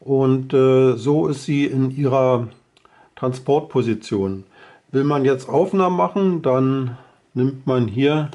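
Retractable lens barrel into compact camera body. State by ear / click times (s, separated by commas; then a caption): not seated / none. A Rollei 35S compact film camera sits in its transport position with its collapsible, retractable lens barrel still pushed into the body, ready to be pulled out and locked into the shooting position. Someone talks throughout, with short pauses between phrases. Nothing has seated or clicked yet.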